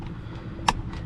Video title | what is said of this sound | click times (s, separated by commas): Toyota Tacoma steering wheel Buttons Not working? EASY FIX 3rd Gen Tacoma 2016-2023 | Just like that. Make sure you hear that snap and kind of give it a tug test, because you don't want that to come loose on you after you put everything back together. | 0.7 s